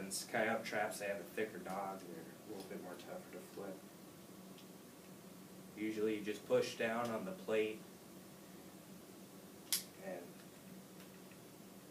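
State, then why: Seated. Someone talks while pushing down on the plate of a dog-proof animal trap with a thicker trigger dog that is a little tougher to set. A sharp click at 9.7 s marks the trigger dog catching and latching, and the trap is set.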